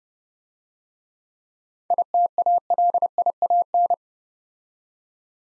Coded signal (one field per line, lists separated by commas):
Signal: Morse code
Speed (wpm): 37 wpm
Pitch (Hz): 700 Hz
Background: none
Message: ITALIAN